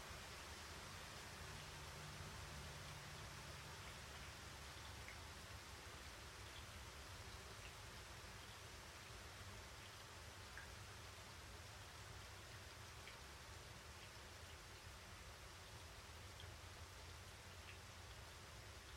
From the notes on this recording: Storm in the mountains. In the French Alps, close to Cruseilles, the recording was captured from a window of a home.